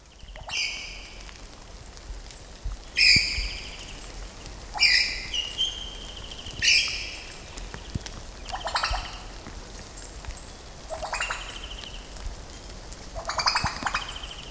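Superb lyrebird giving several loud bursts a couple of seconds apart, some with clear whistled notes and others harsh and noisy, over steady background noise.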